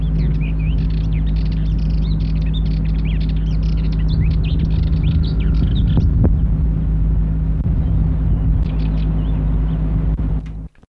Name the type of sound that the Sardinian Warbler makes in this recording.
song